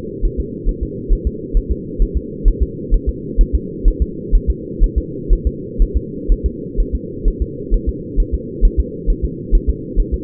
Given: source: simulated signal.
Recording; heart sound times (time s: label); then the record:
fetal heart sounds
0.25 s: S1
0.40 s: S2
0.69 s: S1
0.83 s: S2
1.12 s: S1
1.27 s: S2
1.57 s: S1
1.71 s: S2
2.02 s: S1
2.17 s: S2
2.48 s: S1
2.62 s: S2
2.94 s: S1
3.09 s: S2
3.41 s: S1
3.55 s: S2
3.88 s: S1
4.02 s: S2
4.35 s: S1
4.50 s: S2
4.83 s: S1
4.98 s: S2
5.33 s: S1
5.47 s: S2
5.82 s: S1
5.97 s: S2
6.32 s: S1
6.46 s: S2
6.80 s: S1
6.95 s: S2
7.28 s: S1
7.42 s: S2
7.74 s: S1
7.89 s: S2
8.20 s: S1
8.34 s: S2
8.65 s: S1
8.80 s: S2
9.10 s: S1
9.25 s: S2
9.55 s: S1
9.70 s: S2
10.00 s: S1
10.14 s: S2
From the record:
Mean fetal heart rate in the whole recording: 130 bpm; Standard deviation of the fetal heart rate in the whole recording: 4 bpm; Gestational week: 38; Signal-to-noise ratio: -4.1 dB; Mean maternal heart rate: no maternal heart sound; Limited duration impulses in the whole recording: absent